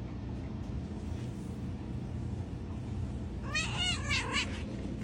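Cat giving a wavering meow near the end, heard over a steady low rumbling background noise.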